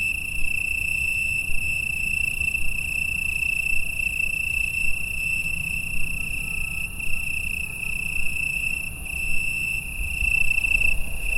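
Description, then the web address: Crickets chirping steadily, a high continuous trill with faint rhythmic pulses, accompanied by low background rumble and a brief faint tone. Cricket chorus recorded in Italy on 6 September 2016 at 21:00. "pelouse 12 Grillons Italie 2016-09-06 21 h concerto"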